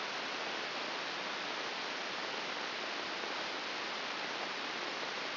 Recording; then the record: brain microelectrode recording played as sound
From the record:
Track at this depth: outside the subthalamic nucleus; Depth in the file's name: 6.398 mm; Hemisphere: left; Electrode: 2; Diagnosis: Parkinson's disease